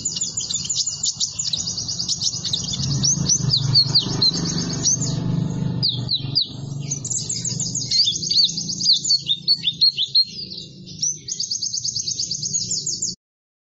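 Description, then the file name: Sunbird song, a sustained, hurried, high twittering with sweeping notes and buzzy trills, continuing until it stops abruptly. Sunbird sound used to lure birds. "suara burung madu untuk memancing bunyi"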